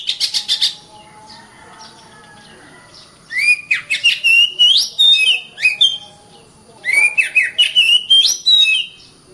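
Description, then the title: Oriental magpie-robin song: a rapid burst of notes, then varied loud whistled phrases with rising and falling slurs, in two bouts separated by a pause. Master recording used for training birds. "KACER MASTER"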